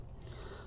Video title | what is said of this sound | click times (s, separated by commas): (610) Organizing Lishi Tools with Color Coded Finger Savers | right on the tension arm has a nice little satisfying click kind of locks it on there | 0.2 s